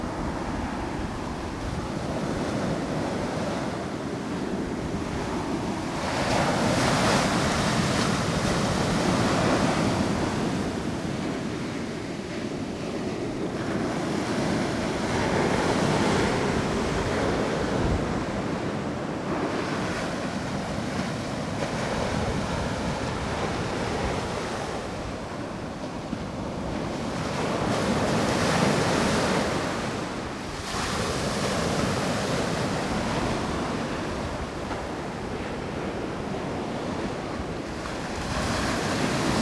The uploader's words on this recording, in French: Marée Haute devant les Thermes de Saint-Malo. Enregistrement sur la digue devant les Thermes de Saint-Malo entre plage du Sillon et plage de Rochebonne. Marée haute coeff 91. Heure de marée: 20h31. Zoom H2 quadri + Nagra Ares ML + MD21.